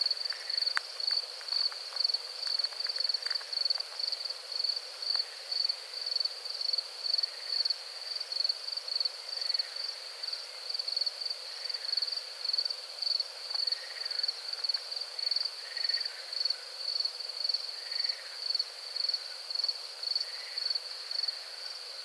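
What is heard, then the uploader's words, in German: Crickets on the Hesselberg, captured with a dummy-head microphone, keep up a steady, high-pitched trill that pulses rapidly and evenly for the whole clip. Fainter, lower chirps surface every few seconds beneath it, and there is nothing in the low range. Abendstimmung auf dem Hesselberg. Eine Kunstkopfaufnahme vom den Grillen auf dem Hesselberg. Musste leider ein lautes Brummen herausfiltern.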